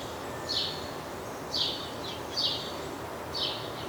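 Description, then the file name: House sparrow gives four short chirps, the second quickly doubled, over continuous background noise. "Passer domesticus"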